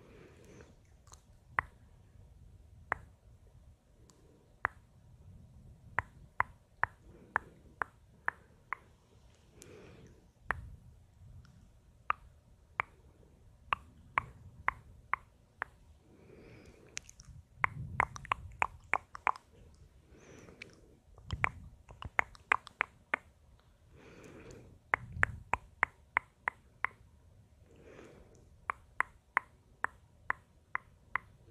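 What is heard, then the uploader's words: Sharp, bright tongue clicks pop out, sometimes singly, sometimes in quick irregular runs, especially around the middle and near the end. Soft low rustling swells from hand movements rise and fade between them. Hand movements. Tongue clicking.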